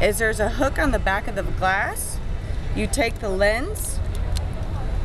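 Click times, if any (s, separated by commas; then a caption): none. Someone talks while handling an interchangeable plastic lens for Polaroid sunglasses, using the hook on the back of the glass to fit it into the sunglass frame. A low steady rumble runs underneath the speech. The lens has not seated or clicked into the frame yet.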